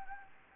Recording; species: mosquito wingbeat signal from an infrared sensor; Anopheles gambiae